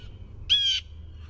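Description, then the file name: Blue jay uttering a single short, harsh jeer lasting about a third of a second, over a steady low rumble. "BLJA jeer"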